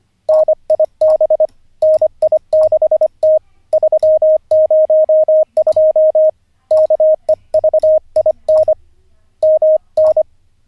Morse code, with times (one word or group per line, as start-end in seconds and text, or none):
0.3-1.5 NIB
1.8-3.4 NI6T
3.7-6.3 302
6.7-8.7 KEVIN
9.4-10.2 MN